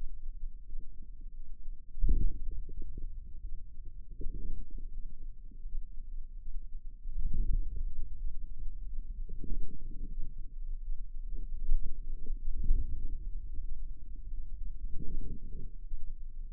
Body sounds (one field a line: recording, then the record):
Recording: forearm muscle sounds (acoustic myography)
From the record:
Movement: wrist flexion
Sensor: system 2, bracelet of six BSWA MPA416 microphones around the upper forearm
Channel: 4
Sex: female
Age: 23 years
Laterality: right